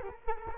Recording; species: mosquito wingbeat signal from an infrared sensor; Culex quinquefasciatus